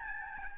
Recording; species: mosquito wingbeat signal from an infrared sensor; Aedes albopictus